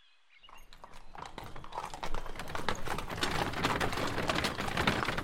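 A horse's hooves clip-clop in a steady, brisk rhythm of sharp knocking beats, growing louder after a quiet start and continuing without voices, as Gideon Mantle rides to a sick patient on a spring day in 1824.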